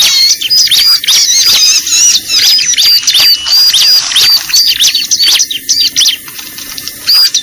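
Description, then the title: Bar-winged prinia calling: rapid, shrill chirps and squeaks delivered in fast, uneven series, many notes overlapping, over a constant high-pitched background hiss. Lure call used for trapping (pikat) Bar-winged prinia, known locally as ciblek, described as effective. "PIKAT BURUNG CIBLEK AMPUH"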